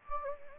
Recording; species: mosquito wingbeat signal from an infrared sensor; Anopheles gambiae